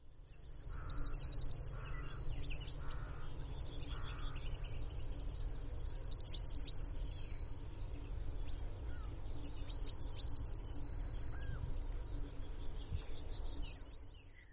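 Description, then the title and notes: Yellowhammer song, fast trills each ending in a longer, lower note, repeated every few seconds over a steady low rumble. Nominate subspecies Emberiza citrinella citrinella. "Emberiza citrinella citrinella - david m"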